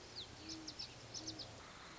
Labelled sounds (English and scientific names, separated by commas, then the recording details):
Great Horned Owl (Bubo virginianus)
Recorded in Sonoma County, California